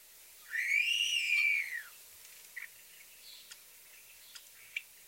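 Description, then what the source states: European Starling long rising-then-falling slurred whistle, followed by a few faint clicks and short squeaks. Several birds giving typical complex vocalizations: high-pitched squeaky squeals, wolf whistles, garbled clucks and clicks.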